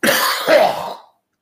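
A single harsh, forceful cough in two bursts lasting about a second, from a man.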